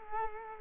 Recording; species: mosquito wingbeat signal from an infrared sensor; Culex quinquefasciatus